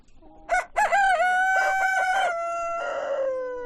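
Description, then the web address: Chicken: rooster crowing, a few short opening notes, then a long harmonic-rich cry that holds level and slowly falls. Hens and roosters at a poultry farm. "granja avicola sonidos de gallinas y gallos"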